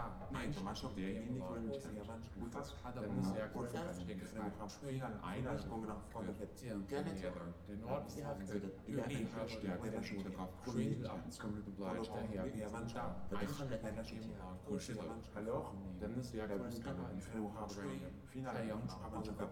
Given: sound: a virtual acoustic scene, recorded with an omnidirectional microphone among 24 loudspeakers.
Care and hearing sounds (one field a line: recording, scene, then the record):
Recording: noise of the scene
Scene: underground station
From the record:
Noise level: 70 dB SPL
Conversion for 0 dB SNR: 0.7 dB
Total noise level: 70.7 dB SPL